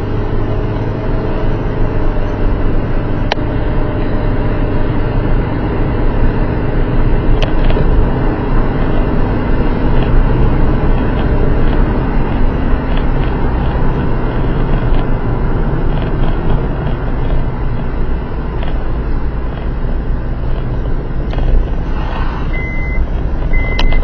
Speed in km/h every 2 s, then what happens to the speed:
45, 49, 52, 55, 56, 57, 55, 43, 39, 36, 34, 33.
0-10 speeds up to 57. 10-24 slows to 33.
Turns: none.